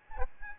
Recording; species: mosquito wingbeat signal from an infrared sensor; Aedes albopictus